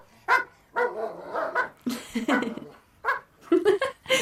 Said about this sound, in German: Die Hunde bellen. Einer bellt immer.